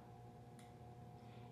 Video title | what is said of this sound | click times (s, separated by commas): How to Oil and Grease the Trumpet | so now i know it's in the right spot because i can't turn it anymore so it's clicked right into its right spot and | 0.6 s